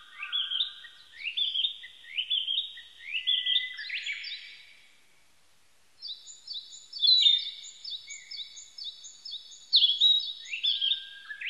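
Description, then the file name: Narcissus flycatcher song, rising slurred whistles repeated in quick succession, a short silence, then fast high chirped phrases. Recorded 25 April 1998. "980425 kibitaki"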